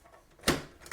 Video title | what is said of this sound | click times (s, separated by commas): HP LaserJet M140we : How to Replace the Ink Toner Cartridge | Here we go. It may not be loud, but it clicks in place. | 0.5 s